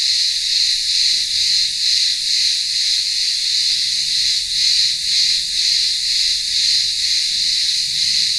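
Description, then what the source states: Cicadas in full chorus, a piercing continuous drone pulsing roughly twice per second throughout. Cicadas in the town square of a remote village on Ikaria island, Greece, in the midday heat.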